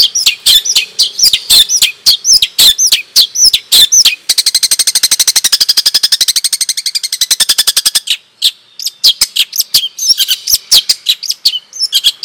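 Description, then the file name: Long-tailed shrike song: quick sharp notes, then a long fast buzzing rattle lasting about four seconds, ending with scattered chips and whistles. Madura type of long-tailed shrike, recorded as natural song. "Suara Asli Cendet Madura"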